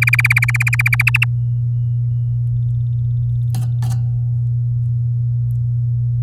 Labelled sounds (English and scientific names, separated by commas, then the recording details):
Domestic Canary (Serinus canaria) song
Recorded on 8 May 2018 at 06:05
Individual llb16